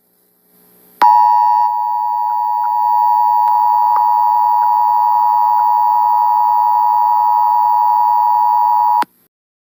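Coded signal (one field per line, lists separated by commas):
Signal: Emergency Alert System (SAME) tones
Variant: 853 and 960 Hz attention tone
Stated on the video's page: Statewide Required Monthly Test relayed on an NBC TV station during a race pre-show.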